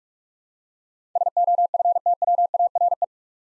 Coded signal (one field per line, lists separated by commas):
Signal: Morse code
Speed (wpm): 46 wpm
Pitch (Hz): 700 Hz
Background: none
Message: SOFTWARE